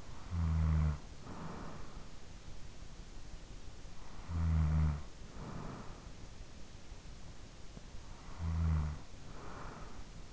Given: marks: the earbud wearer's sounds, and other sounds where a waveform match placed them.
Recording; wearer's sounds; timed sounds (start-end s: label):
sounds in sleep by an in-ear microphone; snoring breath
0.00-2.36 s: snoring breath
3.71-6.51 s: snoring breath
7.90-10.33 s: snoring breath